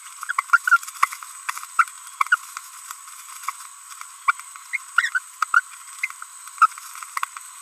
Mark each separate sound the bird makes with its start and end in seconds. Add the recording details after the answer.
0.29-0.32, 0.67-0.77, 1.02-1.06, 1.79-1.84, 2.21-2.23, 2.32-2.36, 4.28-4.31, 4.73-4.77, 5.54-5.60, 6.03-6.06. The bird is a female. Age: 30 days. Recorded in a nest box in Venezuela. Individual 17B42B3